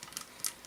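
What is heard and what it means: A section of a plastic LEGO brick flower is pried off its pins at the base of the build. Several small clicks lead up to a loud snap at 0.5 s as the whole section pops free and is released.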